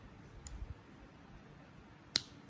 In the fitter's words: Oke, sampai bunyi klek gitu, Guys, ya. Oke, ini udah kepasang semua.